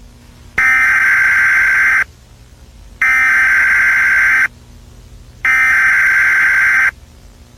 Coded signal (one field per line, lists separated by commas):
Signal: Emergency Alert System (SAME) tones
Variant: header bursts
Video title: VCO.EAS.CAPTURE.12.31.99.RECOVERED.mp4